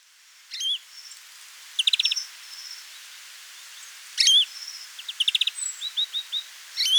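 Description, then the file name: European greenfinch: bursts of rapid trilled notes and short chirps, scattered through a quiet background. "Chloris chloris"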